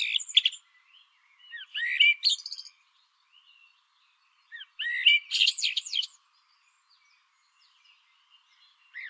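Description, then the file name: Common blackbird singing two fluty warbled phrases, each ending in a high squeaky twitter, separated by a few seconds of quiet. "Turdus merula"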